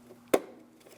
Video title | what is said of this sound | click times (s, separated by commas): How to Replace Tail Light Set 2000-2006 Mini Cooper | Make sure it's all lined up before pressing. It should click into place. | 0.3 s